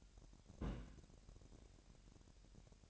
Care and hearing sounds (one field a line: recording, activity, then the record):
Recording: daily activity, microphone in the room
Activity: place on stove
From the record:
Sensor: 2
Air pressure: 1011.9 hPa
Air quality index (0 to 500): 191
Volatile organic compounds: 3 ppm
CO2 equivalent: 1357 ppm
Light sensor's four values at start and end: 70/166/68/64 and 70/166/68/64